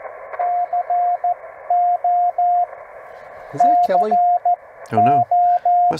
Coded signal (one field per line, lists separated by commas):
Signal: Morse code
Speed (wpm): 14 wpm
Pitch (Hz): 710 Hz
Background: speech, radio noise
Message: CO CO